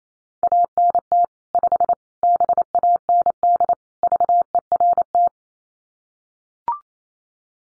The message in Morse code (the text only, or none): ANT 5 BAND VERT